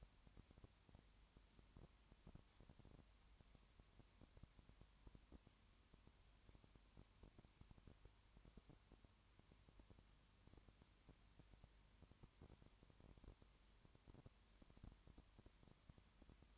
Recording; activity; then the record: daily activity, microphone in the room; no activity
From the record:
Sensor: 3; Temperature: 20.5 degrees Celsius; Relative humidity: 34.6%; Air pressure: 1001.1 hPa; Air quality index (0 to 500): 195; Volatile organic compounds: 6 ppm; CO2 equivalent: 1857 ppm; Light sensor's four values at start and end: 2/3/2/2 and 2/3/2/2